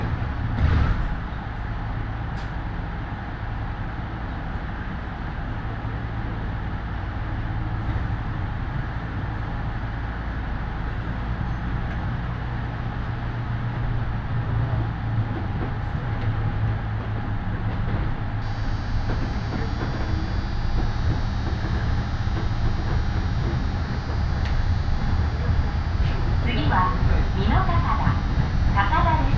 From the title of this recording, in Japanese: 養老鉄道 揖斐→大垣→養老